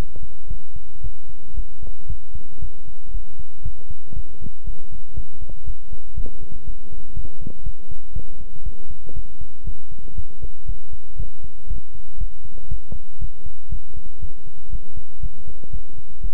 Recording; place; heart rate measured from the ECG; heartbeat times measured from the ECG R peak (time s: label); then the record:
heart sounds by stethoscope; between the tricuspid and mitral areas; 118 bpm
0.47 s: heartbeat
1.01 s: heartbeat
1.54 s: heartbeat
2.07 s: heartbeat
2.59 s: heartbeat
3.11 s: heartbeat
3.62 s: heartbeat
4.13 s: heartbeat
4.64 s: heartbeat
5.14 s: heartbeat
5.64 s: heartbeat
6.14 s: heartbeat
6.64 s: heartbeat
7.14 s: heartbeat
7.63 s: heartbeat
8.13 s: heartbeat
8.63 s: heartbeat
9.14 s: heartbeat
9.64 s: heartbeat
10.15 s: heartbeat
10.66 s: heartbeat
11.16 s: heartbeat
11.67 s: heartbeat
12.18 s: heartbeat
12.68 s: heartbeat
13.19 s: heartbeat
13.69 s: heartbeat
14.20 s: heartbeat
14.70 s: heartbeat
15.20 s: heartbeat
15.71 s: heartbeat
16.21 s: heartbeat
From the record:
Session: pedaling a stationary bicycle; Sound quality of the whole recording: good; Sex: male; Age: 24 years